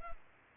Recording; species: mosquito wingbeat signal from an infrared sensor; Culex pipiens